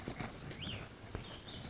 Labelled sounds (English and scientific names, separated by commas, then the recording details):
Cassin's Vireo (Vireo cassinii)
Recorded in Sonoma County, California